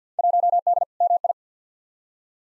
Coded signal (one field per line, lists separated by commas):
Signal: Morse code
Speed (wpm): 45 wpm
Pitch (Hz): 700 Hz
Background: none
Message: 1D MI